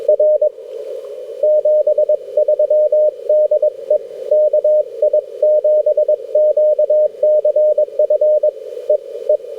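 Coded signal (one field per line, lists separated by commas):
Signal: Morse code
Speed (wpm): 21 wpm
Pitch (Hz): 610 Hz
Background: none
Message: R 73DE KI7QCF E E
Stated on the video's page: Parks on the Air activation among Redwoods, sent with a US Morse straight key on a Yaesu FT-891 into a Chameleon 17-ft whip.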